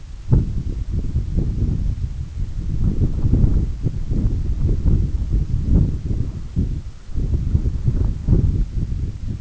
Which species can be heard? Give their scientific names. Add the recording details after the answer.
none. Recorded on Arctic tundra, site EABA-1, on 20 June 2018. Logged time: 18:00